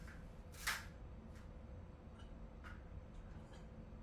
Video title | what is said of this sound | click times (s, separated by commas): IKEA HELMER Drawer Unit on Casters Tutorial Assembly Process | into the other side as it clicks. And I'm showing in this demonstration. | 0.7 s